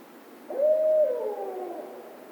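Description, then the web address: Barred Owl giving one long hoot that swells in, stays level, then drops in a falling drawl before fading against faint steady noise. Recorded 16 March 2010. "Barred Owl 2010 03 16 Barred Owl 01"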